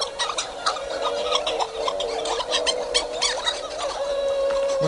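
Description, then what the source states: Hawaiian petrels calling together, a continuous loud tangle of wavering moans, squeals and rough bursts, with a sustained higher tone near the close. Loud cacophony from a colony on the island of Lanai, Hawaii; researchers use calls per minute as a measure of colony population health and growth, so louder is better.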